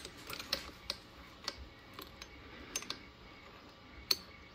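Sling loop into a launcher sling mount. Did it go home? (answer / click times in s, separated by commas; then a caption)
yes / 4.1 s. An AR-style sling loop is pushed down into the sling mount on the stock/rail of a PepperBall VKS launcher. Light ticking and scraping taps are heard, with sharper clicks near 0.5 and 0.9 seconds. The detent then engages with a crisp, loud click at 4.1 seconds, and the loop is seated in place.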